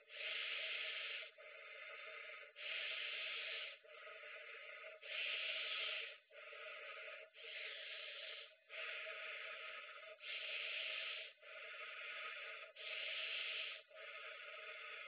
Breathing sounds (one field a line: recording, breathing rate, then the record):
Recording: paced breathing near a phone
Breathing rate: 24 breaths a minute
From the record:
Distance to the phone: 20 cm